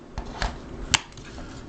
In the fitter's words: but yeah um the ankle pivots do lock into place you can hear them clicking there